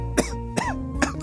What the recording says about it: I'm still coughing. I've got this eternal flu. We've both got bad colds. As you can hear, it's now a cough.